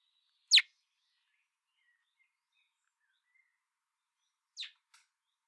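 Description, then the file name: Common blackbird calls: a loud sharp, high note, then about four seconds later two fainter clipped notes close together, over a quiet background. "Turdus merula"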